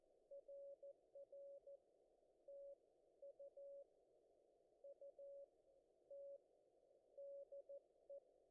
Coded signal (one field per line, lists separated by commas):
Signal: Morse code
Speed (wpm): 14 wpm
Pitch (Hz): 560 Hz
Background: none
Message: RR TU UT DE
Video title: FSE on the new Sim - Ham Radio later